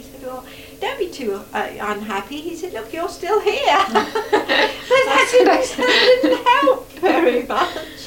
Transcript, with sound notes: And he said, "Oh. Don't be too unhappy." He said, "Look! You're still here!" [laughs] But that didn't help very much.